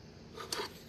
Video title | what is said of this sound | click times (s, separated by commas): Review ROUUO Rosmax Instant Read Meat Thermometer for Cooking,Fast & Precise Digital Food Thermomete | And when you close it, it snaps. See? | 0.5 s